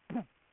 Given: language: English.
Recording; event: throat vibration sensor signal played as sound; throat clearing